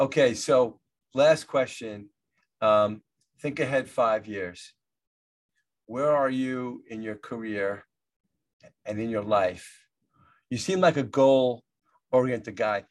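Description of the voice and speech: A man interviewing a guest asks where the guest sees himself in five years, in his career and in his life. Phrasing is smooth and fluent, with a clear, steady voice, natural pauses and one filled 'um'. Typical speech with no voice or fluency problem.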